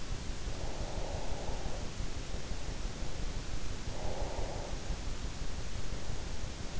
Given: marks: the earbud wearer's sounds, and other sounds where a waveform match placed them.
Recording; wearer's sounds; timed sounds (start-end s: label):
sounds in sleep by an in-ear microphone; breath
0.30-3.06 s: breath
3.68-6.21 s: breath